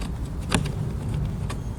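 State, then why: Seated. A small LED bulb socket (IPD part #120162, for a 1998–2000 Volvo S70/V70 and 1998–2004 C70) is lined up by its tabs, pushed straight into the instrument cluster housing and given a quarter turn. A sharp click at 0.5 s marks it locking into place, followed by fainter taps and light handling noise. The socket is seated.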